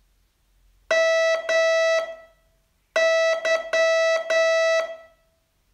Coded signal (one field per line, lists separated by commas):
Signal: Morse code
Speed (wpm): 10 wpm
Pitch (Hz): 650 Hz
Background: music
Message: MY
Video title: Learn Morse in 42 Days from VU2LAU - day 36 test